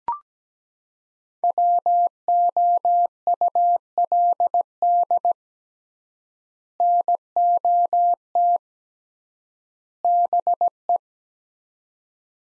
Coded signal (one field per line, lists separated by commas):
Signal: Morse code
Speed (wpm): 17 wpm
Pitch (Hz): 700 Hz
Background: none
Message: WOULD NOT BE